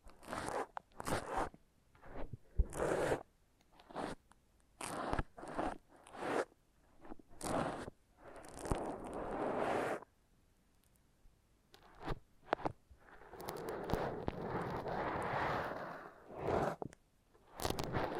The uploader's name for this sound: Foam Massage